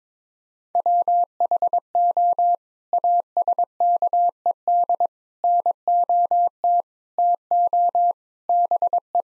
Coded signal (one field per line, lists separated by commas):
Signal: Morse code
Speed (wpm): 22 wpm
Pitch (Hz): 700 Hz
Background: none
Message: WHO ASKED NOT TO BE